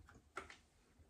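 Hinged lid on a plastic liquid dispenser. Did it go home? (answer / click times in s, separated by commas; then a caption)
no / none. A hinged plastic lid on a large plastic liquid dispenser is handled: a faint tap near 0.1 s, a sharper knock at 0.4 s, and a smaller tick at 0.5 s, then quiet. The clip ends before the lid goes home, so nothing has seated or clicked yet.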